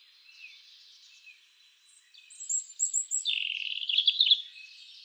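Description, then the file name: European robin's short high song phrase: thin whistles, then a bright twittering burst after faint background chatter. "Erithacus rubecula"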